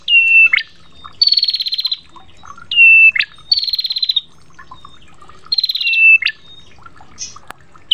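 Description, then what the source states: Prinia song: loud buzzy rattling trills alternating with sharp whistled notes that drop then flick upward, phrases repeated every few seconds. Long-duration 'masteran' tutoring recording of prinia (prenjak) song.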